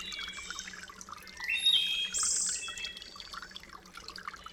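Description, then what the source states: Thrush phrase of bright whistled notes rising into a high, thin ending, with a faint water rush underneath throughout. Riparian zone habitat.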